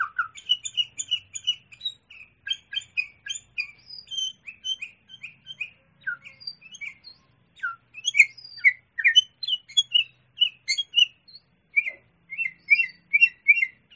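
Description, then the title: Sooty-headed bulbul song: rapid bursts of short, bright chirps and sharp upslurred notes, delivered in quick chattering phrases with brief pauses, over a quiet background. "kutilang"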